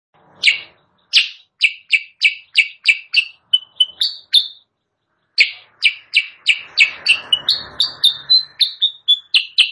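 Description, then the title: Sooty-headed bulbul song: rapid sharp chirps, a pause, then another chirping run with a patch of noise and some drawn-out slurred notes. Training recording for caged birds, also used as a lure call; described as persistently singing (gacor). "Masteran Kutilang Sutra. suara pikat kutilang sutra kutilang sutra gacor"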